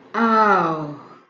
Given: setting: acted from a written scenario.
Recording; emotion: vocal sound without words; shame